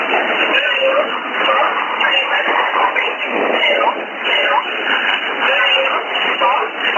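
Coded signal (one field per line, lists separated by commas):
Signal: numbers station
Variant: E11 Oblique, English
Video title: 03 12 2018 E11 Oblique Numbers station in English to Eu 0640 on 11450 unknown tx site in USB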